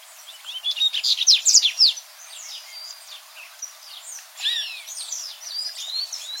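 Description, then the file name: Dubois's seedeater giving a rapid phrase of high, sharp chirps, then quieter slurred whistles and another short bright phrase. "Canto do Papa capim de costas cinzas"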